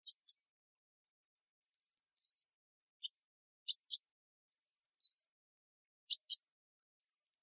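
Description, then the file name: Sunbird calls: doubled high chips alternating with thin, wavering whistles. "Tieng chim hut mat"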